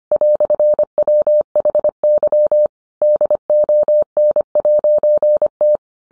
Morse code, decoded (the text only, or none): "WHY DON'T